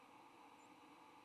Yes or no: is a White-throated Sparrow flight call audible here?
no